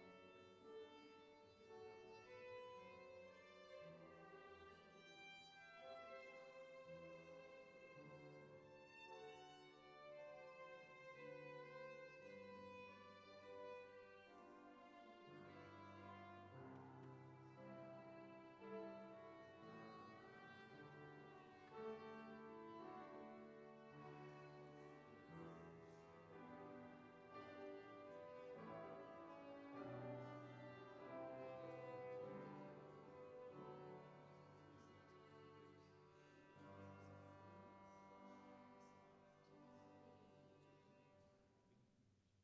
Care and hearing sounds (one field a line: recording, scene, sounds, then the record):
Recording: everyday scene through a hearing-aid microphone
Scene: reverberant space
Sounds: music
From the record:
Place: church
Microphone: behind the ear, right, front